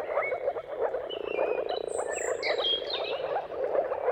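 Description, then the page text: Moor frogs bubbling in a thick, unbroken chorus while a bird sings clear whistled and trilled phrases above. Chorus of many moor frogs giving mating calls at sunrise, turn of March and April, timing depending on weather. "Jakub-Orzecki moor frogs. Dawn’s Chorus: Mating Calls of Marsh Frogs at Sunrise. Depending on the weather at the turn of March and April, you can witness an amazing spectacle of moor frogs"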